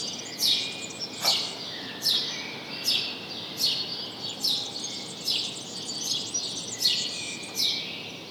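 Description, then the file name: House sparrow chirping in a fairly regular series, bright harsh notes a bit faster than one per second, over background hiss. "Passer domesticus"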